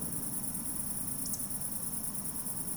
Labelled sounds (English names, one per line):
Eurasian Woodcock whistle